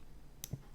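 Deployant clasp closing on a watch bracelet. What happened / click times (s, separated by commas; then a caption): The clasp caught only on its first click, not fully locked / 0.4 s. A push-button deployant clasp on a steel watch bracelet is pressed closed only to its first click, heard as a sharp bright click at 0.4 s, followed by a duller low thud as it pops open again with very little force. The clasp catches only partly and is insecure, apparently from a fault in this particular bracelet.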